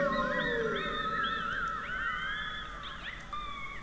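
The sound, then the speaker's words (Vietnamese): Four small wolf cubs in a cave, smelling their mother, yelp and whine joyfully at once, their high, sliding squeals overlapping in a steady, excited chorus with no one speaking. “Bốn chú sói con nhỏ ngửi thấy hơi mẹ, kêu lên những tiếng vui mừng.”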